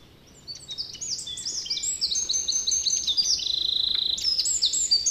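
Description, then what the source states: Eurasian wren song: after a brief quiet start, a loud, fast, high-pitched run of bubbling trills, rattles and sharp notes carries on without a break to the end. Bubbling, joyful song, usually in phrases about five seconds long from the shelter of a fallen tree's root plate; surprisingly powerful voice for Finland's shortest bird, 10 cm and about ten grams.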